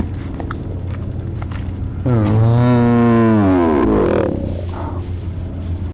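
Hyena cub giving one drawn-out harmonic whine that rises, holds and then falls over about two seconds, over a steady low rumble.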